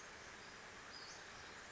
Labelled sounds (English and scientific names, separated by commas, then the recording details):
Western Flycatcher (Empidonax difficilis)
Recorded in Sonoma County, California